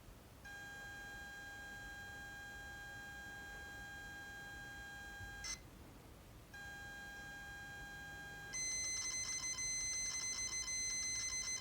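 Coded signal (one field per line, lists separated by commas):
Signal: ZX Spectrum tape loading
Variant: 48K Spectrum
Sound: steady buzzy lead tone, a short noise burst, tone again, then harsh rasping data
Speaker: I've got a tape load error already before I got round to finishing my sentence.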